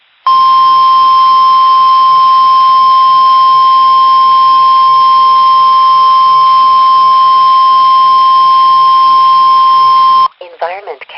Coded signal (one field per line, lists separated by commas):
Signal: Emergency Alert System (SAME) tones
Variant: 1050 Hz attention tone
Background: speech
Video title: [EAS 1-2] RWT and RMT on XMJ225